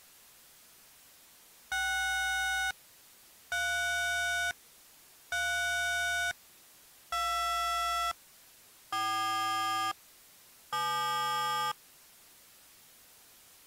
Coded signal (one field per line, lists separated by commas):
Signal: DTMF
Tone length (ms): 1020 ms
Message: 6 3 3 2 4 7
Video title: EAS Scenario: And Then There Was Silence